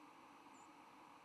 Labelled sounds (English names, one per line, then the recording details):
White-throated Sparrow flight call
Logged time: 07:49 on 10 November 2014